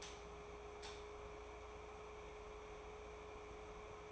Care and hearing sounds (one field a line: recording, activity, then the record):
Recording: daily activity, microphone in the room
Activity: light off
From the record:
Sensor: 1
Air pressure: 1010.3 hPa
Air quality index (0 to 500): 171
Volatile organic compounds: 12 ppm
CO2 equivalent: 2350 ppm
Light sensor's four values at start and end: 55/147/60/74 and 51/134/55/69